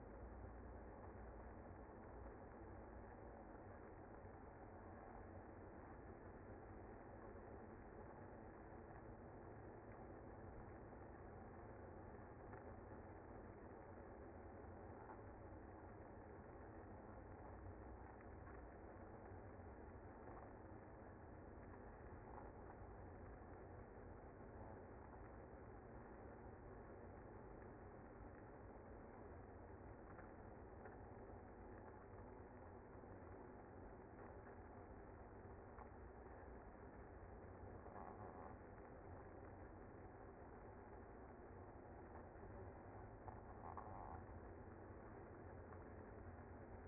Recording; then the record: honeybee colony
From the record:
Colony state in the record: active